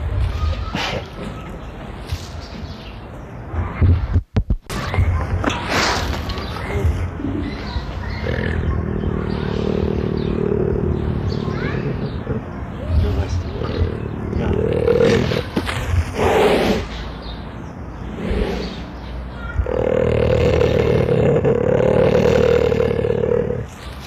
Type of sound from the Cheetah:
call